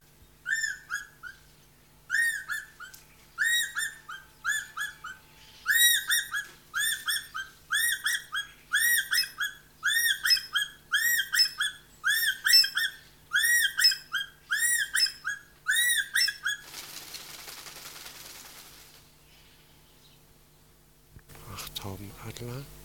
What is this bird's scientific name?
Spizaetus ornatus